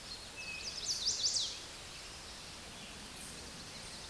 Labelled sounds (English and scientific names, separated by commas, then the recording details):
Chestnut-sided Warbler (Setophaga pensylvanica) song
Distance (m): 25 m
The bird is about 5 m above the microphone
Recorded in a Pennsylvania forest on 16 May 2024 at 09:40
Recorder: AudioMoth, point MSD-1849
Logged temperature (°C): 12.1 °C
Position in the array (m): 13 m, 29 m